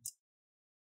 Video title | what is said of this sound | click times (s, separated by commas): How to Upgrade SSD on Asus Vivobook Go 15 E1504GA Laptop NJ083W | so that cover snaps back into the place if you see any gap opening just pinch them together | 0.1 s